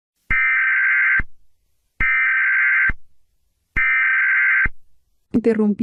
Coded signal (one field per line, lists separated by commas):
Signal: Emergency Alert System (SAME) tones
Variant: header bursts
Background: speech